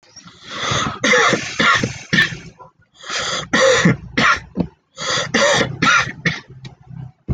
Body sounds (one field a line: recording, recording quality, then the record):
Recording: heavy voluntary cough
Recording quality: excellent, no background noise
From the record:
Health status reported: respiratory illness, not identified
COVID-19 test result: not tested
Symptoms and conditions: cough, sore throat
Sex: male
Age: 19 years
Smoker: not ticked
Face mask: not worn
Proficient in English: yes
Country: India